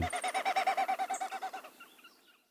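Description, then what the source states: Wilson's Snipe winnowing, a rapid pulsed hooting tremolo that fades away. Winnowing made in flight by air rushing past the two outermost tail feathers, pulsed by wing beats; produced by both males and females.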